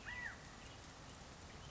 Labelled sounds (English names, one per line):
California Quail